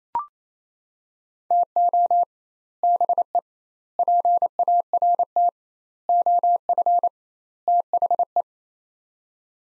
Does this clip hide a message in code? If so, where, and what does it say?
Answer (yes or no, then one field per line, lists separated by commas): yes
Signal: Morse code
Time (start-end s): 1.5-8.4 s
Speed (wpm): 27 wpm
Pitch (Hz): 700 Hz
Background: none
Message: TO BE PART OF THE